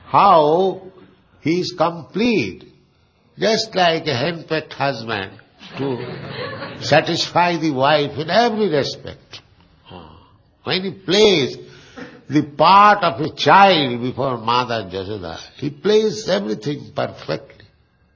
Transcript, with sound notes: How He is complete, just like a hen-pecked husband [laughter] to satisfy the wife in every respect. When He plays the part of a child before Mother Yaśodā, He plays everything perfectly.